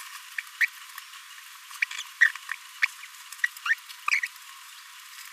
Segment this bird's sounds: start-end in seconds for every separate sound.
0.61-0.65, 1.82-1.84, 2.21-2.27, 2.83-2.85, 3.44-3.46, 3.65-3.75, 4.11-4.19, 4.23-4.26